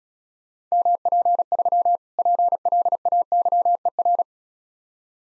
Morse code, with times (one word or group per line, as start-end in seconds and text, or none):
0.7-2.0 MP3
2.2-4.2 PLAYER